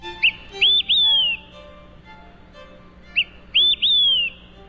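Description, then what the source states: Olive-sided flycatcher song: a short note followed by two loud slurred whistles, the last one falling, repeated twice about three seconds apart. Song remembered by the mnemonic "quick three beers".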